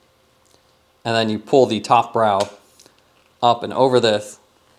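An interchangeable one-piece lens is handled into the frame of POC Devour Mid Oversized road cycling sunglasses: it has been slid down and aligned to the tabs, and the frame's top brow is being pulled up and over it. Someone talks, with faint handling sounds around 0.5 s and between 2.8 and 3.3 s. Nothing has seated or clicked yet.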